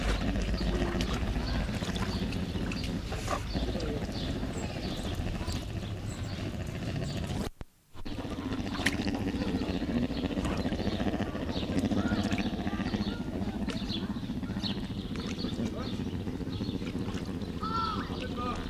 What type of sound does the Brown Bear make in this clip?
call